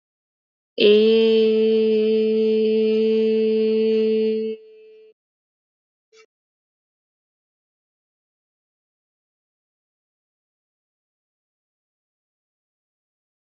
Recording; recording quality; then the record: sustained vowel as in made; excellent, no background noise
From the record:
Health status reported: healthy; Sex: female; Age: 20 years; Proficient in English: yes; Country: India